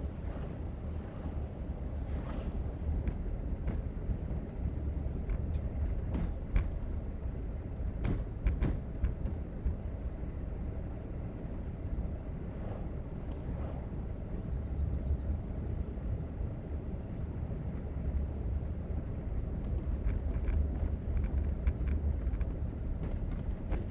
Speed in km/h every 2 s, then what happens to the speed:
50, 52, 53, 52, 53, 55, 55, 55, 55, 53, 50, 47.
0-17 steady at about 53. 17-24 slows to 47.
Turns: none.